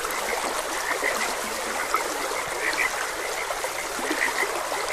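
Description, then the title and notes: Frogs give clustered, bright croaks in bursts among a continuous chorus, with flowing stream water throughout. Frogs croaking beside a gentle stream. "Frogs Croaking. Sleep and Relaxation Podcast"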